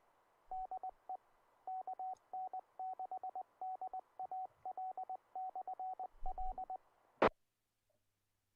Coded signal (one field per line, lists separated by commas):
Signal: Morse code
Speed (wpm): 20 wpm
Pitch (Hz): 750 Hz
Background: none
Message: DE KN6DAL/L E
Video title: 2MC ANTI-NET- LETS TALK SOTA W/ ADAM K6ARK